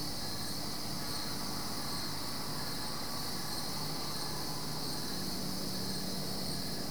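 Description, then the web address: Cricket: a continuous insect chorus of crickets, shrill and even, with faint pulsing chirps and a low droning hum beneath. Crickets, several, recorded at night at Goldens Bridge, New York State, USA. "BBC Sound Effects Library - (America) Goldens Bridge, NY State - crickets at night"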